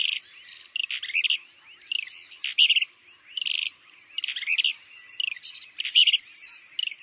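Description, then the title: Plain-crested Elaenia calling: short, burry, high-pitched note bursts repeated irregularly, with a steady faint high hiss behind. "LuckyPassaro Completos2Sama. Plain-crested Elaenia (Elaenia cristata)"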